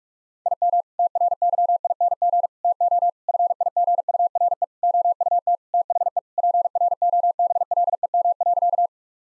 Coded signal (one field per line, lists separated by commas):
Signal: Morse code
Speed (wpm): 46 wpm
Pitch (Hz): 700 Hz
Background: none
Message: IM TRYING TO FIGURE OUT THE PROBLEM.